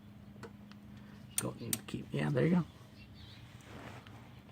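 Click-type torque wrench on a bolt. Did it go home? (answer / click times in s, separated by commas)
no / none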